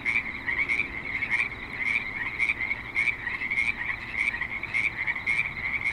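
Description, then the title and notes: Frogs give high, ringing trilled calls in a dense chorus. At a creek in Spanish Springs, Nevada, in a suburban setting. "Frogs in Spanish Springs, NV - creek view. Frogs with light traffic and other suburban sounds"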